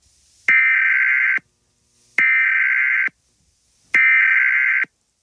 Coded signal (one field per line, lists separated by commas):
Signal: Emergency Alert System (SAME) tones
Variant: header bursts